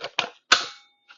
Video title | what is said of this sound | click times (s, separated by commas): Lady T Juicing | There's only goes in one way, right? So, I'm push it in there. And you can hear a click. | 0.2 s, 0.5 s